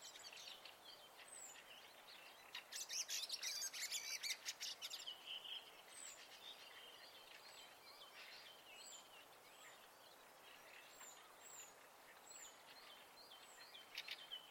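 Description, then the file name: Birds singing, with a burst of rapid buzzy trills and rattling notes early on, then scattered high whistles and short downslurred chirps repeating over a steady hiss. Birds at night in spring. "Fugler Natt Vaar"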